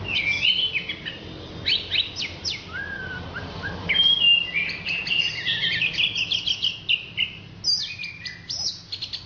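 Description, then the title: Orange-headed thrush delivering a fast, varied song of chirps, slurred whistles and clipped notes, building into a busy rapid sequence midway through. "Anis Merah"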